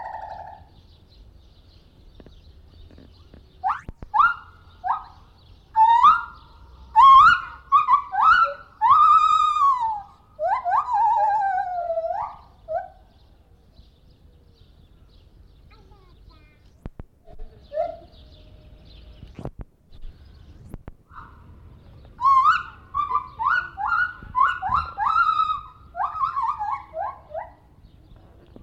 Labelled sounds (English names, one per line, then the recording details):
Silvery Javan Gibbon
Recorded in captivity
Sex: diverse
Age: adult
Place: Zoo Rostock, Mecklenburg-Vorpommern, DE
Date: 1970-06-03 13:53
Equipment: Uher 4200 Report Stereo, Sennheiser MD 421
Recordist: Tembrock, Günter